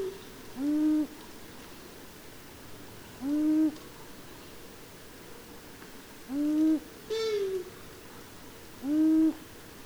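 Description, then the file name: Long-eared owl calls: low, short hoots repeated about every three seconds, plus one higher falling wail. "Hibou moyen duc"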